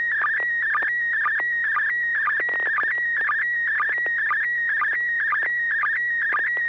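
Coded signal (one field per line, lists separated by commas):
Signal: SSTV (slow-scan television)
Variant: PD120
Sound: warbling, scratchy tones with a regular short low chirp about twice per second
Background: low steady hum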